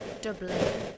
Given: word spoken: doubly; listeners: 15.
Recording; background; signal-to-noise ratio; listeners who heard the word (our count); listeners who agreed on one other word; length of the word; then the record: one English word in noise, from a listening test; noise modulated by three-talker babble; -4.9 dB; 1 of 15; 12 of 15; 0.58 s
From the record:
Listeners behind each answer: 12, 1, 1, 1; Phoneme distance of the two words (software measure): 17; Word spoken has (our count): 2 syllables, 5 phonemes, stress on syllable 1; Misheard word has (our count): 2 syllables, 6 phonemes, stress on syllable 1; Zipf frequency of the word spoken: 3.13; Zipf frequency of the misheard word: 3.47